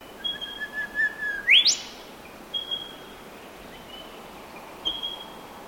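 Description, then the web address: Bird calling with thin whistled notes, a steady high whistle, then a sharp upward-sweeping note, followed by brief whistles at intervals over quiet background hiss. "Sound Effects-Foundation 1 BIRD UNKNOWN WARBURTON CALL"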